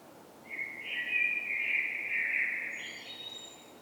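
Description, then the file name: Common blackbird giving one long fluted phrase of mellow warbling, closing with faint, very high thin notes. "Turdus merula"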